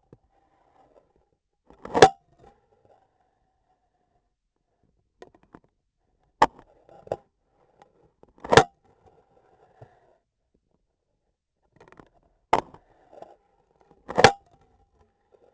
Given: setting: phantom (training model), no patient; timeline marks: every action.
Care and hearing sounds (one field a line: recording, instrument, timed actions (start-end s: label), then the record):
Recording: laparoscopic instrument, vibration sensor on the handle end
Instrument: scissors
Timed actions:
1.60-2.27 s: cutting foam
6.31-6.70 s: scissors opening
8.27-8.83 s: cutting foam
12.45-13.38 s: scissors opening
14.02-14.47 s: cutting foam
From the record:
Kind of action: gesture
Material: foam